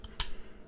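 A plastic e-liquid pod is pulled out of the body of an Aspire Element NS20 pod-based vape device, releasing with a sharp click at 0.2 s. A faint small tick comes just before at 0.04 s, and the pod ends up removed from the device.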